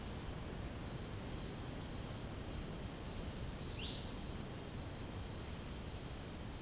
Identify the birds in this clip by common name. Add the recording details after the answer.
none. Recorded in dense forest near Puerto Asís, Putumayo, Colombia, on 19 February 2024 at 08:00. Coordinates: 0.485, -76.325. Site G6429